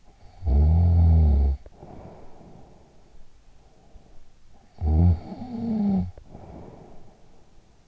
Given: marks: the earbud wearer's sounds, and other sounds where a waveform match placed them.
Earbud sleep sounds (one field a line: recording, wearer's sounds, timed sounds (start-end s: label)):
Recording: sounds in sleep by an in-ear microphone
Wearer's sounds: snoring breath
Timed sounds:
0.00-3.79 s: snoring breath
4.28-7.80 s: snoring breath